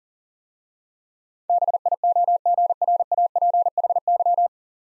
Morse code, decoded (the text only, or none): BIOGRAPHY